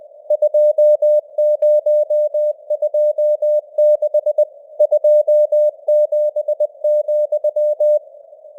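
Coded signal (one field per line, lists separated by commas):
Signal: Morse code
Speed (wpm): 20 wpm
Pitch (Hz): 600 Hz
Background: none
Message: 2026 27,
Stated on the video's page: Morse news headlines at 20 wpm with simulated radio noise and varying signal strength (QSB).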